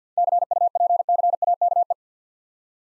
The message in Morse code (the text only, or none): CUPCAKE